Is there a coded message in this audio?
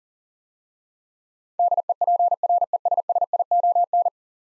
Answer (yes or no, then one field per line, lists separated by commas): yes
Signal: Morse code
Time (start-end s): 1.6-4.1 s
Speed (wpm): 40 wpm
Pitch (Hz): 700 Hz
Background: none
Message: DEPRESSION